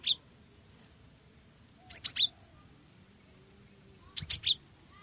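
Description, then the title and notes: Cinereous Tit song: three brief bursts of high, sharp chirping notes, a short one at the start and a quick three-note phrase near the middle, then another near the end, over quiet background hiss. Used to tutor caged songbirds. "Masteran Gelatik Batu. burung gelatik"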